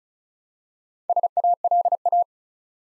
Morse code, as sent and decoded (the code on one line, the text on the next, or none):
... .- .-.. .-
SALA